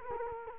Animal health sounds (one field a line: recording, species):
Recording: mosquito wingbeat signal from an infrared sensor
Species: Culex quinquefasciatus